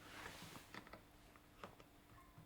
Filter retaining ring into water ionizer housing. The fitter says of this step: voyez, donc là c'est clipsé.